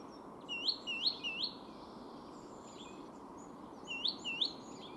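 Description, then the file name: Great tit, short rising whistled notes in a group of three, then after a pause two more, against a constant low rumble. "Parus major"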